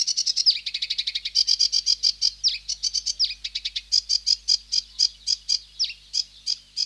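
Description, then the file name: Sedge warbler song: rapid rasping chatter mixed with clicking notes and occasional downslurred whistles, delivered in an unbroken stream. "Sedge Warbler (Acrocephalus schoenobaenus)"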